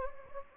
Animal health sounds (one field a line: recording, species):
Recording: mosquito wingbeat signal from an infrared sensor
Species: Anopheles gambiae